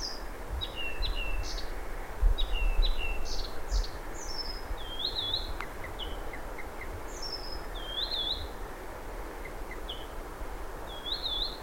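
Blyth's Reed Warbler singing a lively mix of clicks, short chirps and repeated wavering whistles, faster at first, then slower, over low rumbling noise.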